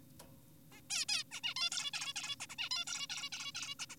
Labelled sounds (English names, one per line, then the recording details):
Zebra Finch
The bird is an adult
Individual g4p5U